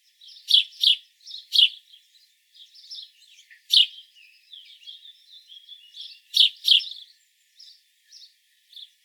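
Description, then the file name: House sparrow chirps in short clusters with soft twittering between, the calls thinning out to a few quiet notes at the close. "Passer domesticus"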